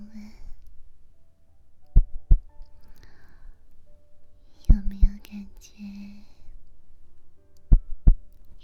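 Three paired low thuds, lub-dub pairs spaced about three seconds apart, form a slow, even rhythm. It is a steady, calm heartbeat heard with the ear resting on a woman's chest, with a faint low hum and soft breathy noise behind it.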